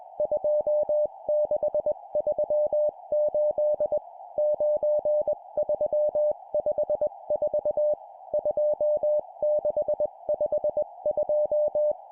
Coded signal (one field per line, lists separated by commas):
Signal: Morse code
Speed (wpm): 21 wpm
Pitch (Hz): 600 Hz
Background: music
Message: 2638 9354 2652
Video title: 20wpm Four letter words number,number,number,number, CW morse code